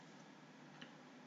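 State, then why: Not seated. A steel safety wire (cable) with a metal lock is handled around the pulling chain of a frame-straightening bench, with one side placed on either side of the chain. Over steady broadband hiss, one brief faint tick sounds at about 0.8 s. Nothing has seated or locked yet.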